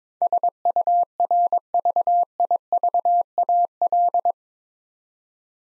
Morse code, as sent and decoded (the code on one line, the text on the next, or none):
... ..- .-. ...- .. ...- .- .-..
SURVIVAL